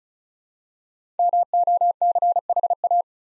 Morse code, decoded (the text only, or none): MOCHA